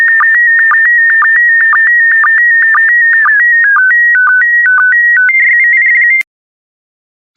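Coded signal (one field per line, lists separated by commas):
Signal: SSTV (slow-scan television)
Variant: PD120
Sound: a single electronic tone hopping between steady pitches with quick low blips, then silence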